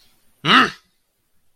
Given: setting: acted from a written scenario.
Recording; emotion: vocal sound without words; anger